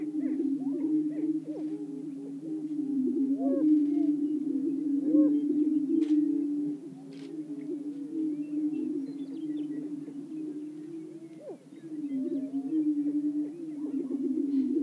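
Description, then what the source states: Greater prairie-chickens: a steady low moaning boom with scattered upswept whoops and two sharp clicks midway. Several greater prairie-chickens calling.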